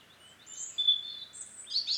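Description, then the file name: European robin song: a brief run of high, thin, warbling notes, rising and falling, ending in a brighter twittering flourish. "Erithacus rubecula"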